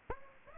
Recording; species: mosquito wingbeat signal from an infrared sensor; Aedes aegypti